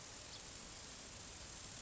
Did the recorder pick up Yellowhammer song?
no